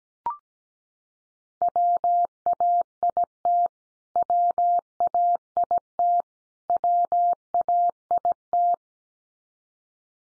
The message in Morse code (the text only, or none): WAIT WAIT WAIT